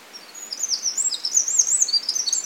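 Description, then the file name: Eurasian wren pouring out a fast, high, rattling stream of tinkling notes that starts abruptly and continues to the end. "Troglodytes troglodytes"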